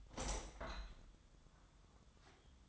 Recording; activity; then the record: daily activity, microphone in the room; open window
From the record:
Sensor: 3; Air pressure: 1004.6 hPa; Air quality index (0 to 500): 107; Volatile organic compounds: 4 ppm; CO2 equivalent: 1675 ppm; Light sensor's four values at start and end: 7/16/6/6 and 7/16/6/6